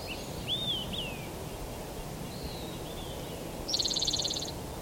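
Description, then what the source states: Spotted Towhee song: a loud fast buzzy trill near the end, over low steady background noise. Sixth song, Stanislaus National Forest, 5 May 2018.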